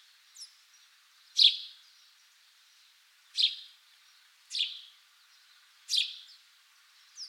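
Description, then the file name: House sparrow repeating several loud, abrupt chirps, with a faint extra chirp at the start and end. "Passer domesticus"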